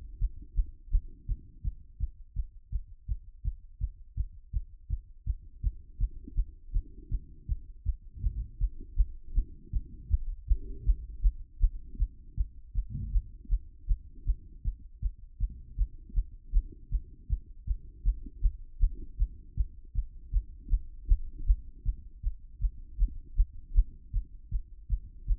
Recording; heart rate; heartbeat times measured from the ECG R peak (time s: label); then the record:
heart sounds by stethoscope; 160 bpm
0.18 s: heartbeat
0.54 s: heartbeat
0.89 s: heartbeat
1.25 s: heartbeat
1.61 s: heartbeat
1.97 s: heartbeat
2.33 s: heartbeat
2.69 s: heartbeat
3.05 s: heartbeat
3.41 s: heartbeat
3.78 s: heartbeat
4.14 s: heartbeat
4.50 s: heartbeat
4.87 s: heartbeat
5.23 s: heartbeat
5.60 s: heartbeat
5.97 s: heartbeat
6.34 s: heartbeat
6.71 s: heartbeat
7.08 s: heartbeat
7.45 s: heartbeat
7.83 s: heartbeat
8.20 s: heartbeat
8.58 s: heartbeat
8.95 s: heartbeat
9.32 s: heartbeat
9.70 s: heartbeat
10.08 s: heartbeat
10.45 s: heartbeat
10.83 s: heartbeat
11.21 s: heartbeat
11.58 s: heartbeat
11.96 s: heartbeat
12.34 s: heartbeat
12.72 s: heartbeat
13.10 s: heartbeat
13.48 s: heartbeat
13.86 s: heartbeat
14.24 s: heartbeat
14.62 s: heartbeat
14.99 s: heartbeat
15.37 s: heartbeat
15.75 s: heartbeat
16.13 s: heartbeat
16.51 s: heartbeat
16.89 s: heartbeat
17.27 s: heartbeat
17.64 s: heartbeat
18.02 s: heartbeat
18.40 s: heartbeat
18.78 s: heartbeat
19.16 s: heartbeat
19.54 s: heartbeat
19.92 s: heartbeat
20.30 s: heartbeat
20.68 s: heartbeat
21.06 s: heartbeat
21.44 s: heartbeat
21.82 s: heartbeat
22.21 s: heartbeat
22.59 s: heartbeat
22.97 s: heartbeat
23.35 s: heartbeat
23.72 s: heartbeat
24.10 s: heartbeat
24.49 s: heartbeat
24.87 s: heartbeat
25.25 s: heartbeat
From the record:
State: after exercise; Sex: male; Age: 37 years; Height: 170 cm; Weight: 86 kg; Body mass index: 29.76